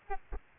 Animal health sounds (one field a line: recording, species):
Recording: mosquito wingbeat signal from an infrared sensor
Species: Aedes albopictus